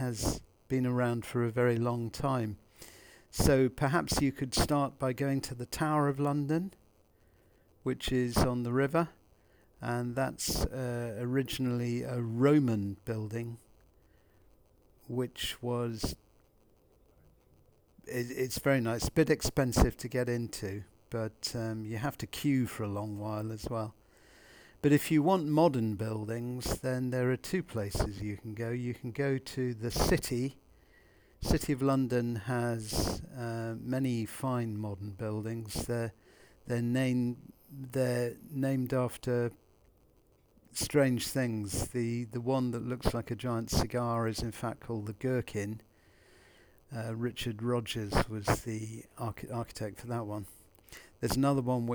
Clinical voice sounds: conversation on a phone call; English; 0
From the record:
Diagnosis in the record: Parkinson's disease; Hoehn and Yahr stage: 2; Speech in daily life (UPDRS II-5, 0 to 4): 0

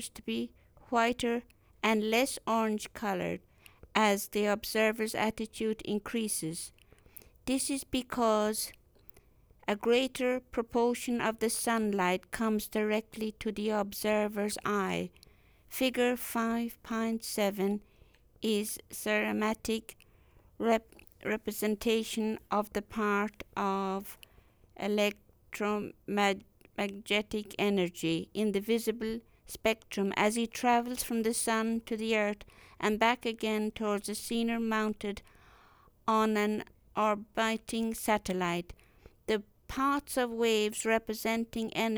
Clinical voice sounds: text read into a phone; English; 1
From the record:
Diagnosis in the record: healthy control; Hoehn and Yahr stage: 0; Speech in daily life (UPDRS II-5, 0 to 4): 1

